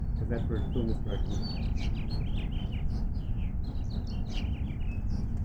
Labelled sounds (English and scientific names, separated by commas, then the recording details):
House Finch (Haemorhous mexicanus) song
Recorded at Oceanside on Long Island, New York, on 17 June 1975
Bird G